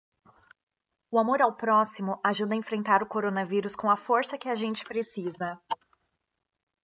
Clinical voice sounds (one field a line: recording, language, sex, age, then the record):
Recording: spoken sentence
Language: Brazilian Portuguese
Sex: female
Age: 30 to 39 years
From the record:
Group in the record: control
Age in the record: 34 years